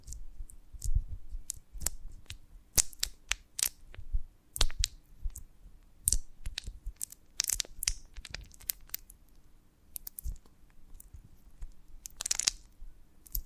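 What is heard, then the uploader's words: ASMR of a honeycomb on a branch: sharp, sticky crackles and crunches come in irregular clusters throughout, some bright and snappy, others with a soft low thump. Brief quiet gaps separate the bursts, and a faint steady low hum sits underneath. ASMR of a Honeycomb on Branch (No Talking).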